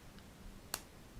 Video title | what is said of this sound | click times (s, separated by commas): How To Apply Kam Snaps // Quick and Simple Tutorial | you hear that when it snaps in place you want to make sure that it's in place and then give it a squeeze | 0.7 s